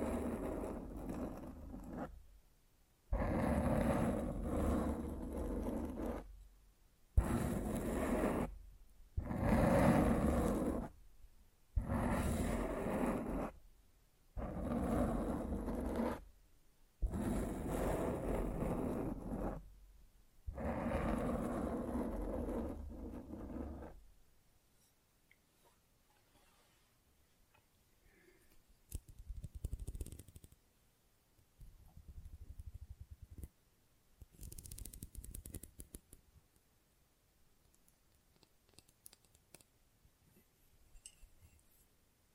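Microphone scratching in loud rough bursts about every two seconds until 24 seconds, then quieter, sparser scrapes and soft rustles with brief gaps.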